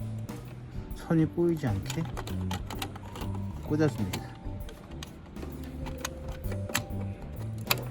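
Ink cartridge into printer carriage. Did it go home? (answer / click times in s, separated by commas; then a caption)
yes / 7.7 s. After cleaning the print head of an Epson SP1390 printer, the ink cartridges with their supply lines are pushed back into the plastic carriage, keeping the lines from twisting. Someone talks over music while small clicks and handling sounds are heard, ending in a sharp snap at 7.7 s as the cartridge seats in the carriage.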